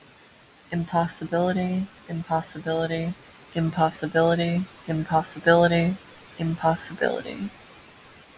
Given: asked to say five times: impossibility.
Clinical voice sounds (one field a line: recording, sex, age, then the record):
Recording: repeated word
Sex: female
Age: 20 to 29 years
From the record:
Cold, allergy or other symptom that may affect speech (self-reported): no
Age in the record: 21 years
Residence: South Carolina, United States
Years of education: 16